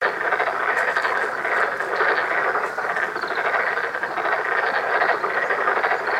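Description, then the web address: Black-spotted pond frogs calling in a dense, continuous chorus of overlapping croaking rattles that merge into a steady roar, with no pauses. 7 April 2015. "birdenaga tonosamagaeru"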